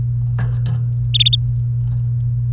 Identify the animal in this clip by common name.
Domestic Canary